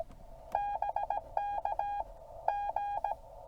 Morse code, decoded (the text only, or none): BK G